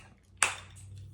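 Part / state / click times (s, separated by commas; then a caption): top clip onto the end of a flexible tube-feeding holder arm / seated / 0.4 s. The top clip is pressed onto the end of a flexible tube-feeding bag holder arm, over the small hole. A sharp, loud click is heard at 0.4 s, followed by a faint, quieter tick near 1.0 s. The clip is seated on the arm.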